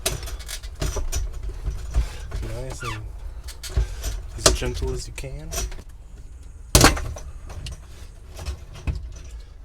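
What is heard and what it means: A fuel pump module for a Mini Cooper is worked gently into the fuel tank opening while someone talks, with rustling and scraping as it is pushed. It drops into place with a sharp, loud knock at 6.7 seconds, and it is seated in the tank, though not neatly.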